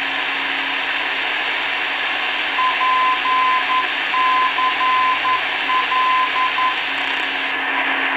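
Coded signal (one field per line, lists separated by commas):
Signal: Morse code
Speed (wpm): 11 wpm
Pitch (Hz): 1020 Hz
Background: radio noise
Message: PCL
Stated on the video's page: Non-directional beacon on 415 kHz, transmitted from Poços de Caldas and received in Belo Horizonte on a Tecsun PL310ET portable with internal antenna.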